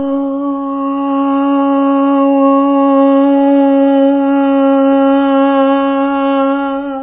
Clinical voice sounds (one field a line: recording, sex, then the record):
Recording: sustained vowel /a/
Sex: female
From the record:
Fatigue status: no fatigue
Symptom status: symptomatic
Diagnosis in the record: COVID-19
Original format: 3gp